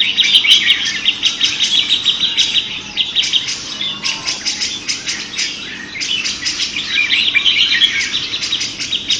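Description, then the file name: Grey-cheeked bulbul song, quick scratchy notes tumbling in many bursts, dense and high throughout. Simulated songbird contest recording featuring a trio of birds. "audio simulasi lomba cucak jenggot trio omkicau"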